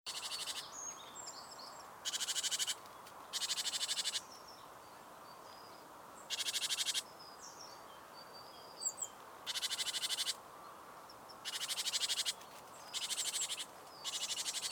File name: Parus major